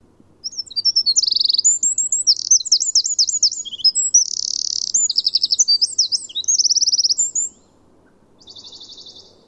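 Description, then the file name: Eurasian wren pouring out a long, hurried song of piercing notes, buzzy rattles and trills for about seven seconds, followed by a softer trill. "Troglodytes troglodytes"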